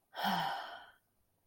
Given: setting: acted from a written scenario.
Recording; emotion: vocal sound without words; contentment